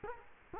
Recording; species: mosquito wingbeat signal from an infrared sensor; Culex quinquefasciatus